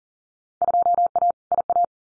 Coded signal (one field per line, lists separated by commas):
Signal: Morse code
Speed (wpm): 42 wpm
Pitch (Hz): 700 Hz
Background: none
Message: 2A IA